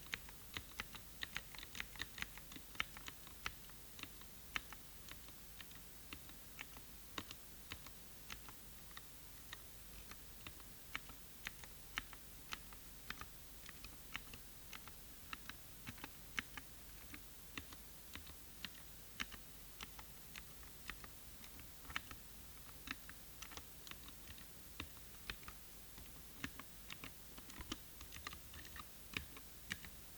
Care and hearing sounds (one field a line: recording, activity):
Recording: daily activity, guitar pickup as the sensor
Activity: type